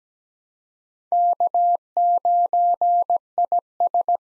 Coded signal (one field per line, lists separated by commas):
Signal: Morse code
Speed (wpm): 17 wpm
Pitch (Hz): 700 Hz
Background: none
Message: K9IS